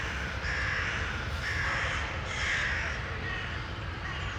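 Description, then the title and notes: Crow or raven giving three rasping caws roughly a second apart, with a constant low background roar. Corvids (ravens or crows) in Bois de la Cambre, Brussels, Belgium; recorded with Earsight V2 AB microphones into a Zoom F3. "Bois de la Cambre, Bruxelles, Bruxelles-Capitale, Belgique - corvids, woodpeckers planes and joggers. Corbeaux. corneilles, pic épeiche avions et joggers"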